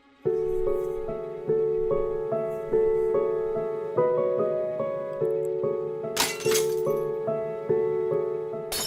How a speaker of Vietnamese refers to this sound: Tiếng bát rơi vỡ, những mảnh bát vỡ bắn tung tóe khắp nơi.